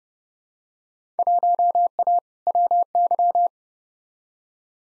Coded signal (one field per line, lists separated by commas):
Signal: Morse code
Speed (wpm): 31 wpm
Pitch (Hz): 700 Hz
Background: none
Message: 1A WY